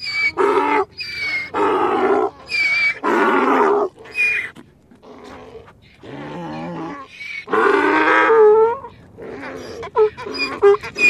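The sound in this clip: Donkey braying, a harsh see-sawing series of alternating high squealed and lower rasping notes, repeated in fast bursts with a short lull midway.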